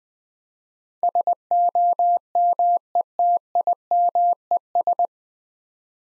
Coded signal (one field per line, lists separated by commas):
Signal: Morse code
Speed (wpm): 20 wpm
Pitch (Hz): 700 Hz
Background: none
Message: SOMETIMES